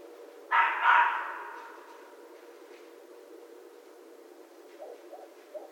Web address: Red Fox 2012 01 14 Red Fox